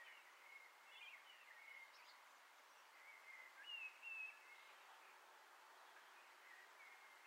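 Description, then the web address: Common blackbird song, quiet fluty whistles with a clearer phrase near the middle, over a constant hissing background. Singing from an antenna, recorded 6 June 2025. "sammel Naturinspelningar Koltrast på antennen 2025 06 06"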